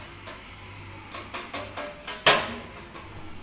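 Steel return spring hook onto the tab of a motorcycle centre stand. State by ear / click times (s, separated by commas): seated / 2.3 s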